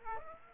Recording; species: mosquito wingbeat signal from an infrared sensor; Aedes aegypti